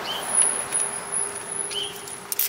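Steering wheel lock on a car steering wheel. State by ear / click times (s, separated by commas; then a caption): seated / 2.3 s, 2.4 s. An adjustable anti-theft steering wheel lock with a warning sticker is placed on a car steering wheel and closed until it latches. Over a steady background hum, two quick clicks sound at 2.3 and 2.4 seconds as it locks into place, and it is locked on the wheel.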